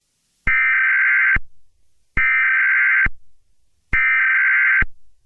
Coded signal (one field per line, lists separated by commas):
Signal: Emergency Alert System (SAME) tones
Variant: header bursts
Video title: Eas scenario - Jupiter Collision REMASTERED